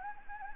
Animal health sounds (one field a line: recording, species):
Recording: mosquito wingbeat signal from an infrared sensor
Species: Anopheles gambiae